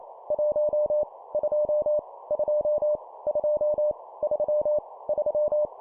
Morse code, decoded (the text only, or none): 1 2 2 2 3 3